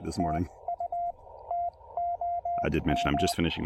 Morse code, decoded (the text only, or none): TU TOM